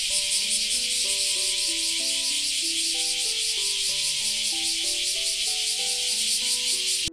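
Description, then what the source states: Cicadas in a dense, continuous hissing chorus, with a series of low tones stepping up and down in pitch beneath it. Many cicadas together as an ambient sound.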